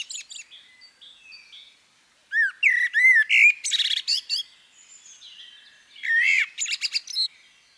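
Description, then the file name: Common blackbird singing mellow whistles followed by thin, scratchy high twittering, then after a pause another short phrase. "CHernyj drozd - Turdus merula - British Library"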